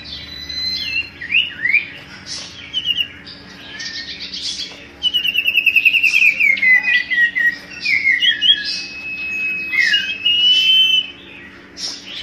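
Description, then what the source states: Common iora song: bright whistled notes around mid-high pitch, with rising and falling slurs and quick chirps, plus a long descending trill near the middle. Whistled song used as a lure sound for bird catching.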